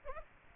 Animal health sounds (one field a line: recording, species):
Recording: mosquito wingbeat signal from an infrared sensor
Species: Aedes aegypti